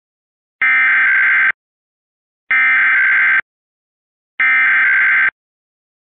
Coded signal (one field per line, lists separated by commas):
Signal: Emergency Alert System (SAME) tones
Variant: header bursts